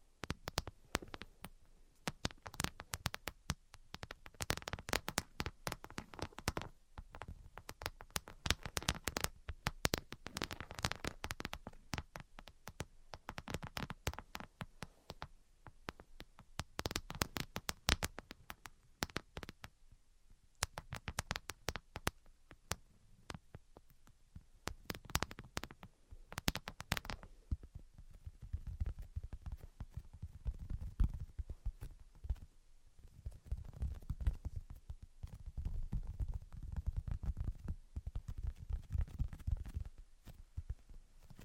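Tapping and scratching sounds come in quick, irregular bursts of sharp clicks and knocks for most of the stretch, dense at times with brief pauses. After about thirty seconds the taps thin out and give way to softer, lower rubbing and tracing strokes that swell and fade repeatedly.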